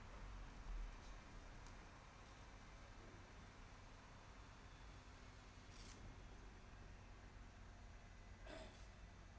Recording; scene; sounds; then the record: everyday scene through a hearing-aid microphone; in traffic; traffic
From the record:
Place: bus stop on a city main road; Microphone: behind the ear, left, front